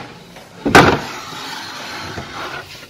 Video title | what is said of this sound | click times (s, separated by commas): ARCO - VanEssa Slide Out Kitchen & Bed Systems - An Introduction | will go forward and lock into place at the end there | 0.8 s